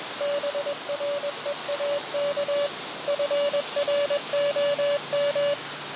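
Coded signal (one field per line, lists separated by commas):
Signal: Morse code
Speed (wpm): 21 wpm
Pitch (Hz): 570 Hz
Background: radio noise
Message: BREAK FROM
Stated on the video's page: QRP CW contacts in a park using an Elecraft KX2 with a HyEndFed end-fed long wire antenna.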